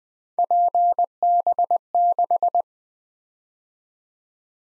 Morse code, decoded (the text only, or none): PB6